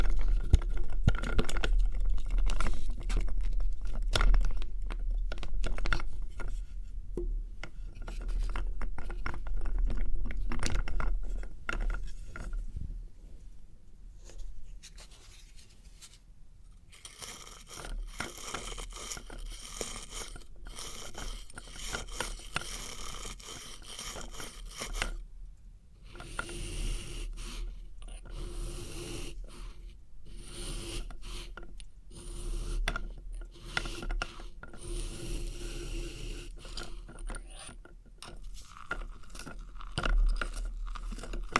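Experimental triggers in test tubes: dense, crackling clicks and scraping taps that rattle like a ratchet. The first fifteen seconds are loudest and busiest, then the sounds thin into softer, sparser scratches, with brief silent gaps around twenty-five seconds.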